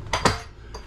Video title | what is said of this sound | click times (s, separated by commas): Check out this MASSIVE 2 Full Bedroom Fifth Wheel RV! NEW FLOOR PLAN! 2022 Sandpiper Luxury 388BHRD | Grab the back of the sofa here until it clicks | 0.1 s, 0.2 s